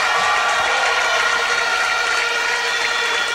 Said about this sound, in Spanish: Poco a poco, las principales calles de San Salvador se vistieron de rojo y blanco. Los casi 400.000 participantes recibieron con aplausos y gritos a la fórmula presidencial.